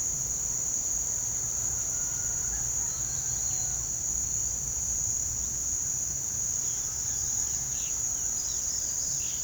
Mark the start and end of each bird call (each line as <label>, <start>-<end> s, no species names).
bird call, 2.85-3.75 s
bird call, 4.13-4.61 s
bird call, 6.52-9.43 s